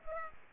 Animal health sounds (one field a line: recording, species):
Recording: mosquito wingbeat signal from an infrared sensor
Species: Culex pipiens